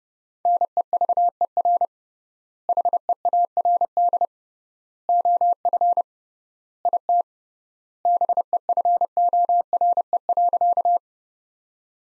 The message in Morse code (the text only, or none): NEVER HEARD OF IT BEFORE.